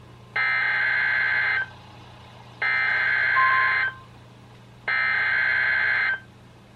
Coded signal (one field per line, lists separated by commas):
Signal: Emergency Alert System (SAME) tones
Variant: header bursts